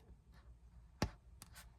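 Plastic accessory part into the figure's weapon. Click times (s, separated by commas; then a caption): 1.0 s. A small plastic accessory part is pressed into the weapon of a Mezco Hellboy action figure from Hellboy II: The Golden Army (2008), repeating the connection. A sharp little snap sounds at 1.0 s as the part seats, followed by a fainter tick near 1.4 s and soft handling rustle. The accessory snaps together and is seated.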